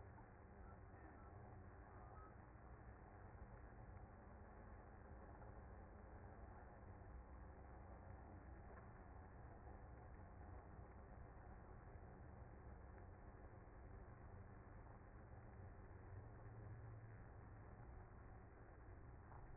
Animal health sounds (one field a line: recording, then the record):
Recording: honeybee colony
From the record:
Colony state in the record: active